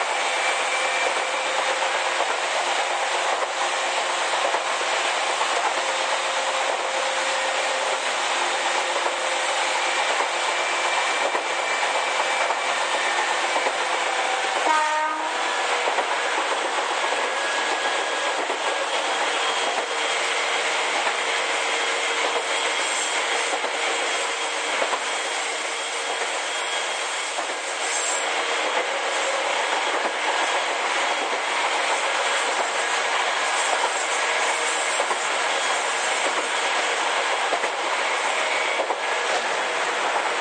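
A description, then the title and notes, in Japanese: An Izukyu 8000 series train runs between Izu-Kogen and Izukyu-Shimoda with a steady, dense rushing roar and a faint rhythmic rattle throughout. The level barely changes. A brief knock or jolt stands out at about 15 seconds. 伊豆急8000系 伊豆高原〜伊豆急下田。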